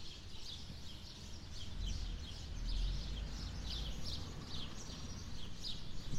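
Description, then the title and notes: Bird singing in short, repeated high chirps and twitters throughout, over a steady low rumble. Birds nesting in trees either side of a path up to the church, Sete Cidades, Azores. "Atonal church bells, Sete Cidades. The church bells in Sete Cidades in the Azores ring out. birds nesting in the trees either side of a path leading up to the church provide a more melodious accompaniment. Recorded by Cities and Memory"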